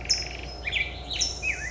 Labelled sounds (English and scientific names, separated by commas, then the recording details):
California Towhee (Melozone crissalis)
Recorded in Sonoma County, California